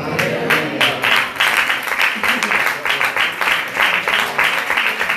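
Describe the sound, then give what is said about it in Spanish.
An audience applauds, a dense wash of many hands clapping in a fairly steady, rhythmic pattern that holds at an even loudness for several seconds. “Ahí nos dieron aplauso.”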